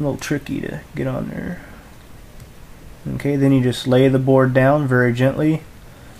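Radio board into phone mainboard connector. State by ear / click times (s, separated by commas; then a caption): not seated / none. Someone talks while a WiFi radio board is laid down very gently toward its board-to-board connector on the mainboard of a Sprint Palm Pixi phone, with only faint quiet handling between the words. The board is handled but not yet home; nothing has seated or clicked yet.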